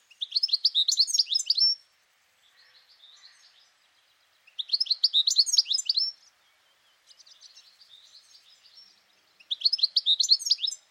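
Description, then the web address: Bird song with three loud, high-pitched twittering bursts separated by softer chattering passages. "Deverinetal 2025 File origin Bird Only"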